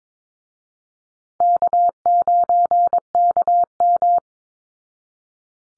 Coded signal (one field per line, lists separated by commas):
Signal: Morse code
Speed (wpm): 22 wpm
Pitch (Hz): 700 Hz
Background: none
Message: K9KM